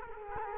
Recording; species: mosquito wingbeat signal from an infrared sensor; Culex quinquefasciatus